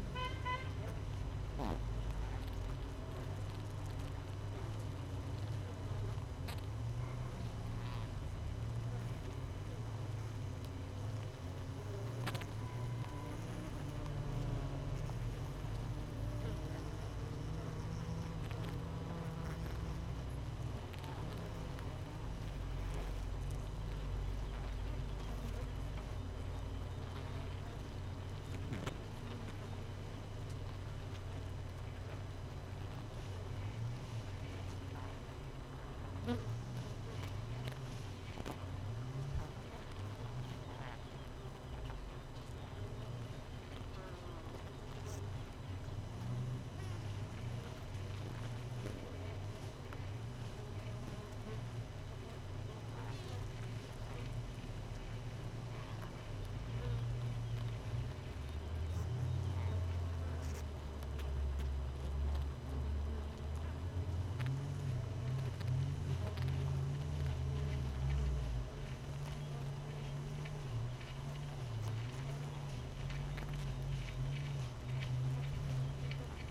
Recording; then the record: honeybee colony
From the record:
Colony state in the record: missing queen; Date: 31 May 2018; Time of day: 5:17